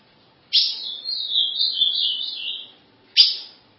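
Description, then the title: Ultramarine grosbeak song: a warbled phrase of sweet, wavering whistles lasting about two seconds, followed by a single sharp, abrupt note. "Azulao"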